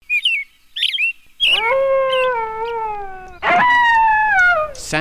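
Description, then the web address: Deer giving long, harmonic, moaning calls that slide slowly downward, two drawn-out calls after a few brief high chirps at the start. Wild deer in winter. "soundswild deer"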